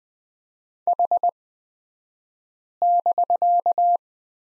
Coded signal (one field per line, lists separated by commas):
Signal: Morse code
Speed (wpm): 20 wpm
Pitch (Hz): 700 Hz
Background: none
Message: H<BK>